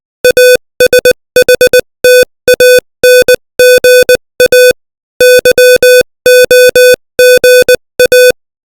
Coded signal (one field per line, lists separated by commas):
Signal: Morse code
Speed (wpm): 20 wpm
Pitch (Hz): 500 Hz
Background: music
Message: ASHTANGA YOGA